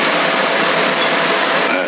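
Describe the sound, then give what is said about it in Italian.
An electric fan running with a steady, even whoosh of airy noise and a faint mechanical hum, unchanging in loudness throughout, with no voices. “E il ventilatore che fa i rumori?”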